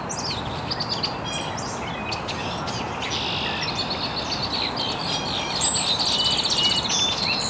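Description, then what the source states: Birds chirping busily, with a chattering burst growing louder near the end, over a steady hiss. Birds chirping very early in the morning in an estuary.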